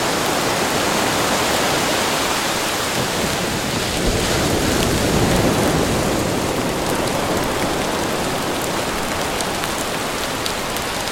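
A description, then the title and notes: Rain falls steadily over ocean water, a dense, even hiss of countless drops with faint brighter ticks scattered throughout. Around the middle a low, soft swell rises and eases, like a wave rolling in beneath the rain. Loudness stays nearly constant. The sound of gently breaking ocean waves. Rain gently falls on ocean waves.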